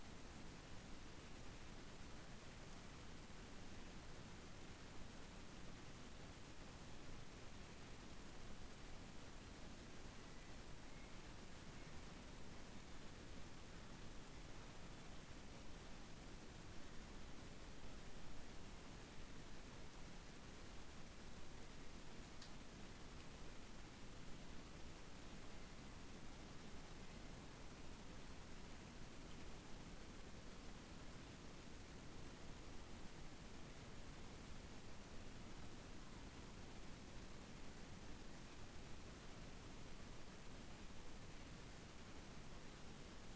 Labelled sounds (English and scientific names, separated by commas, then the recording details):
North Island Brown Kiwi (Apteryx mantelli) male call
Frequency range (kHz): North Island Brown Kiwi (Apteryx mantelli) 1.2-5.1 kHz
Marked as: faintness 5/5
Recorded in New Zealand on 7 January 2015
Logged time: 23:58
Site BX23